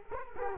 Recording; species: mosquito wingbeat signal from an infrared sensor; Culex quinquefasciatus